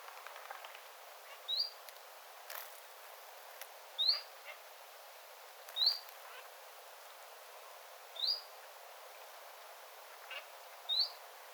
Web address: 9 9 2025 tiltaltin aantelya lintutornin vierella